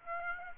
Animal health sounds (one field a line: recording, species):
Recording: mosquito wingbeat signal from an infrared sensor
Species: Aedes aegypti